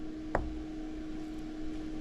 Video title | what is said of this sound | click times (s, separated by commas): DIY SIDE SKIRT REPAIR - FIXING DAMAGED ROCKER COVERS WITH PROFESSIONAL RESULTS! | I can get that thing to snap right into place you can kind of hear audibly when I push down on it | 0.4 s